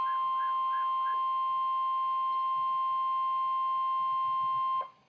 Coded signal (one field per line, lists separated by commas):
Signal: Emergency Alert System (SAME) tones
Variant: 1050 Hz attention tone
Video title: Flash Flood Warning for My County (EAS Alert #620)